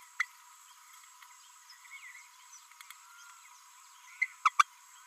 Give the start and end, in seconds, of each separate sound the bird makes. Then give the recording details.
0.19-0.23, 4.21-4.26, 4.45-4.50, 4.59-4.64. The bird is a female. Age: 32 days. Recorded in a nest box in Venezuela. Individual 17B32A5